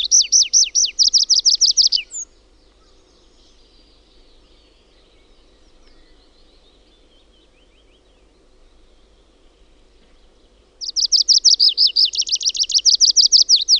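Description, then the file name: Tree pipit song: a quick run of high trilled notes ending abruptly, a long quiet pause, then another rapid high trill of repeated downslurred notes. "METSAKIRVINEN"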